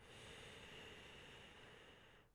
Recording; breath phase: one breath near a microphone; inhalation